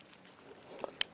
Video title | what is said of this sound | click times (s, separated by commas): HOW TO FIX AND PRIME THE HP DESIGNJET PRINT HEAD | tool this snaps right in you want to make sure it's the | 1.0 s